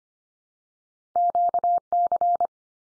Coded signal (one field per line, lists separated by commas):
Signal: Morse code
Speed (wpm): 25 wpm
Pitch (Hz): 700 Hz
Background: none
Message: QC